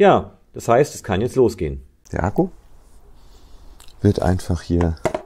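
A fully charged cordless battery pack is being handled into the battery well of a STIHL HLA 56 cordless pole hedge trimmer while someone talks. The clip ends before the pack goes home: nothing has seated or clicked yet.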